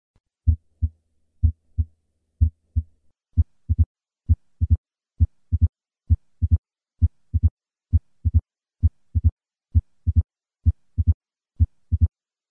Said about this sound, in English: This opening snap is secondary to the thickened mitral valve and occurs at the apex very soon after the second heart sound. I will begin with 3 normal beats and then add the opening snap.